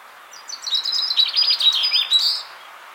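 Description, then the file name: Great tit giving one short, harsh, rapid chatter of buzzy high notes with a few brief clear whistles mixed in. "Parus major"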